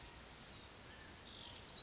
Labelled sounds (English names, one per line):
Blue-gray Gnatcatcher